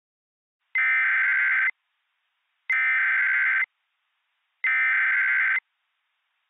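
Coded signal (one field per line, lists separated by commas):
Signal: Emergency Alert System (SAME) tones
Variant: header bursts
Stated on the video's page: Fictional EAS scenario with SAME tones, a zombie invasion alert for Show Low, Arizona.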